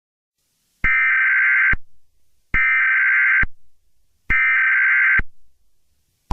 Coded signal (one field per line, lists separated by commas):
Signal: Emergency Alert System (SAME) tones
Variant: header bursts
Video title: {First Eas Mock} Arkansas Tornado warning